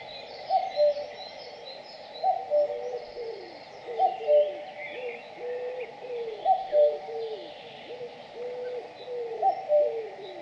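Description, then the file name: Birds: low whistled notes, including falling slurs, come thickly and repeatedly; a second caller adds paired whistles at intervals, with high chirping behind. In a forest. "bird sounds in the forest"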